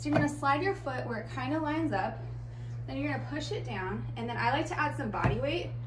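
A cycling shoe cleat is being clipped into a Peloton spin bike's clipless pedal: the foot slides forward so the cleat hook lines up, then pushes down with added body weight. Someone talks throughout over a steady low hum. Nothing has seated or clicked yet.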